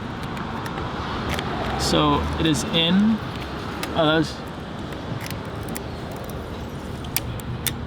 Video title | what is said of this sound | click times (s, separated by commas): leica m6 first impressions | Nope, didn't catch. | none